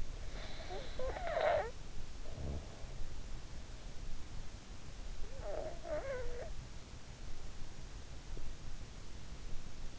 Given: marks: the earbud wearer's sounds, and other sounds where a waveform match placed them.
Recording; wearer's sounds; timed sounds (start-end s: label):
sounds in sleep by an in-ear microphone; snoring breath
0.00-3.32 s: snoring breath